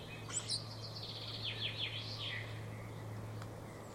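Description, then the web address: Common starling calling with thin whistles and a quick series of clicky, buzzy notes, over a steady low hum. "Deverinetal 2025. Bird Only"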